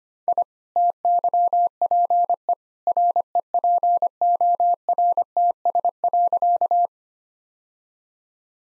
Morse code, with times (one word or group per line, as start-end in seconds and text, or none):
0.3-0.4 I
0.8-2.5 TYPE
2.9-6.9 REPORTS.